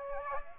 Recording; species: mosquito wingbeat signal from an infrared sensor; Aedes aegypti